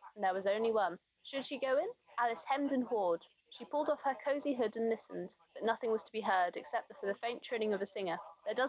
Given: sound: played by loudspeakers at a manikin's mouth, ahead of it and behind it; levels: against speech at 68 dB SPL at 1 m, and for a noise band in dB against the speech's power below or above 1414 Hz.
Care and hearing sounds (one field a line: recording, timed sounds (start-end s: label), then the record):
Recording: test signals for a remote microphone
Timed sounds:
0.00-8.69 s: woman speaking, babble ahead at +6 dB SNR for speech at 1 m
From the record:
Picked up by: remote microphone B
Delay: 24 ms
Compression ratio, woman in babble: 1.71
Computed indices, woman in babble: HASPI 0.957, HASQI 0.352 (non-linear 0.409, linear 0.859), ESTOI 0.804